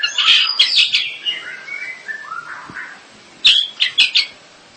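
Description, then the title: Long-tailed shrike song: a burst of scratchy notes slides into soft descending whistles, then a short pause and a few sharp loud chips. "Kicau Burung Pentet"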